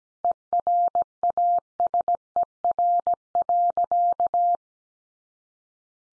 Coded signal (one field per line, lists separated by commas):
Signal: Morse code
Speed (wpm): 17 wpm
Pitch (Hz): 700 Hz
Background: none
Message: ERASER.